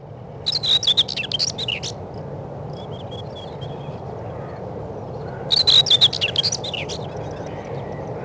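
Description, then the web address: Common whitethroat giving two quick, harsh, jumbled song bursts about five seconds apart, with faint high notes in the pause and a low background hum. Spring. "vremena vesna 25 slavka seraja"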